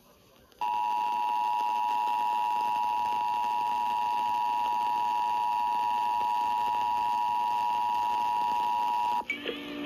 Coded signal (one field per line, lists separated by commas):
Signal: Emergency Alert System (SAME) tones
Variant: 853 and 960 Hz attention tone